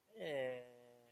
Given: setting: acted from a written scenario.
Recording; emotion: vocal sound without words; embarrassment